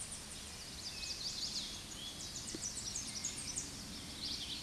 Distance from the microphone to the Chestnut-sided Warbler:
about 60 m